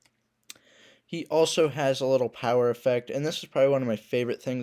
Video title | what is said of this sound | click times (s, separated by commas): Jada Toys M Bison review | and then of course makes a little pop when you take it off | 0.5 s